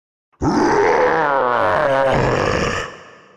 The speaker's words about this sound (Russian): Взревел чернобурый медведь. Он снова поднялся на задние лапы, попытался стряхнуть электрическую ловушку с головы.